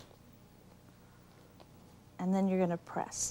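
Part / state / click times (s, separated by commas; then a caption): locking washer on a teddy bear joint post / not seated / none. A locking washer is set down onto a teddy bear's joint post before it is pressed home, giving only quiet handling with a faint tick near 1.6 s. Someone talks from about 2.2 s. Nothing has clicked or seated yet.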